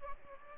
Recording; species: mosquito wingbeat signal from an infrared sensor; Aedes aegypti